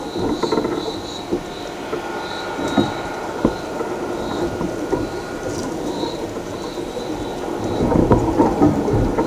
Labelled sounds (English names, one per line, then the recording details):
none
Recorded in shrubland near Pivijay, Magdalena, Colombia, on 13 April 2023 at 16:00
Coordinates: 10.453, -74.365
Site P5-G022